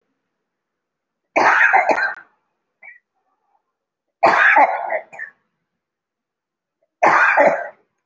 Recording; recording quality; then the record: shallow voluntary cough; excellent, no background noise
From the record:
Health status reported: recovered from COVID-19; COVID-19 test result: positive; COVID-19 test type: RT-PCR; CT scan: taken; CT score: 2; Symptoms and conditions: cough, cold, breathing difficulty, sore throat, fatigue, muscle pain, asthma, another respiratory illness, hypertension, diabetes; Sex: female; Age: 49 years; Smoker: no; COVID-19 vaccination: both doses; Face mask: worn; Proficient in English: no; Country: India